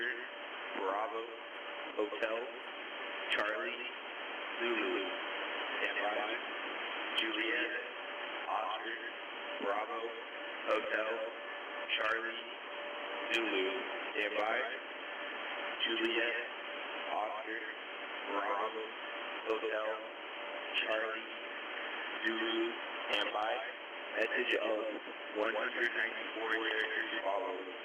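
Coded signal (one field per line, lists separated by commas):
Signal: coded military voice message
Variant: HFGCS Emergency Action Message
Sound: male voice reading phonetic alphabet words, then 'standby', over narrowband radio audio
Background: radio static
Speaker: so for November 18th and 19th if you click these links in the video description these are timestamped so it'll go straight to it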